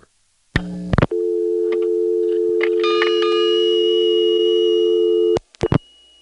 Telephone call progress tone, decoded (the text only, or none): dial tone